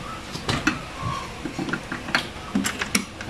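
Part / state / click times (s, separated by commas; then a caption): aluminum topbox onto motorcycle rear bracket / not seated / none. An aluminum topbox is handled against the metal rear bracket of a Yamaha NMAX v2 Y-Connect motorcycle after a failed first try, producing short creaks, scrapes and several sharp knocks. The box has not seated or clicked onto the bracket yet.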